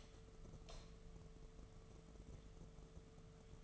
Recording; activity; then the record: daily activity, microphone in the room; light on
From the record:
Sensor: 4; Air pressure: 1015.4 hPa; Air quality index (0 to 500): 174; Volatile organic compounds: 7 ppm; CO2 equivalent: 2009 ppm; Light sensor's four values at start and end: 26/62/27/28 and 27/66/28/30